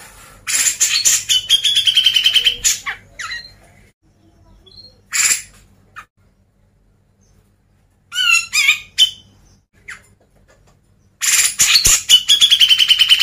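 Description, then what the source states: Grey-cheeked bulbul singing long harsh chattering phrases and scattered short notes, with a short burst of chatter between silent stretches, then vigorous chatter resuming at the end. Masteran recording, used for training cage birds.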